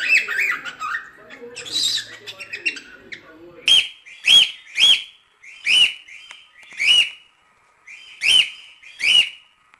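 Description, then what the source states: Cockatiels open with soft chatter, then give loud, clear whistled calls that rise and fall, repeated roughly every second in a steady series. Several cockatiels whistling.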